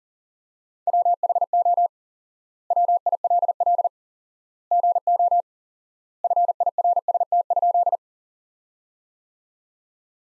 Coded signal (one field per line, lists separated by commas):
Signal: Morse code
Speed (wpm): 37 wpm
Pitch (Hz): 700 Hz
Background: none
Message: WHO WILL GO FIRST?